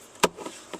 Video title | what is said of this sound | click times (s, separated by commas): Cabin Air Filter replacement Honda Pilot 2005 | stick it in the hole in the snap it into place bang | 0.2 s